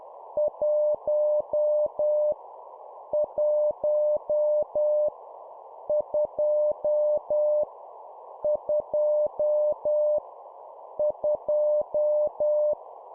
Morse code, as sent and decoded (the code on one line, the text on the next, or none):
.---- / .---- / ..--- / ..--- / ..---
1 1 2 2 2